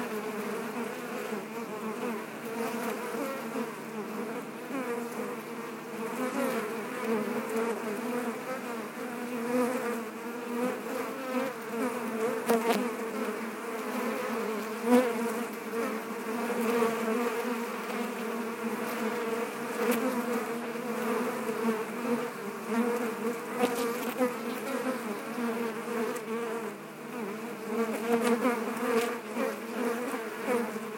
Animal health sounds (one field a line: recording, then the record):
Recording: honeybee colony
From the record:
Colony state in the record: active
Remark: normal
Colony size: 10,000 bees